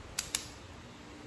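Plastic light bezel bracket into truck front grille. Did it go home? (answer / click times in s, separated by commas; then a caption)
yes / 0.2 s, 0.3 s. A plastic light bezel bracket holding an LED grille light is pressed into the plastic front grille opening of a Tacoma truck. Two sharp, bright snaps ring out at 0.2 s and 0.4 s as the side clips snap in over a low, steady background. The bracket is seated and fits the grille as intended.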